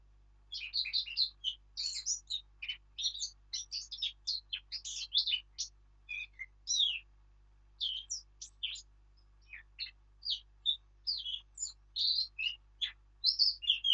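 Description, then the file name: Eurasian blackcap singing a nearly unbroken stream of fast, scratchy high notes, with only brief gaps between jumbled phrases. "Sylvia atricapilla"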